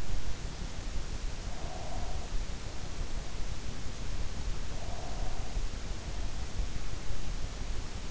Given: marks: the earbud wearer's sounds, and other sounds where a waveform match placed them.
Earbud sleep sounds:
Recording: sounds in sleep by an in-ear microphone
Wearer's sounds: breath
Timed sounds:
1.31-2.51 s: breath
4.62-6.64 s: breath

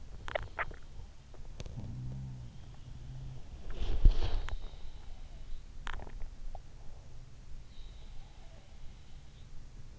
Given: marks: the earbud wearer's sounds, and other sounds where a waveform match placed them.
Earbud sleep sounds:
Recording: sounds in sleep by an in-ear microphone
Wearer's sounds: swallowing, body movement, teeth grinding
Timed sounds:
0.00-1.12 s: swallowing
1.71-3.41 s: sound from someone else or the room
3.58-4.81 s: body movement
4.38-4.58 s: teeth grinding
5.78-6.68 s: teeth grinding

